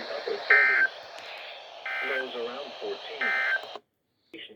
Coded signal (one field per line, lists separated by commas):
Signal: Emergency Alert System (SAME) tones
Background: speech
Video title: Crazy Afternoon. (EAS#101-109)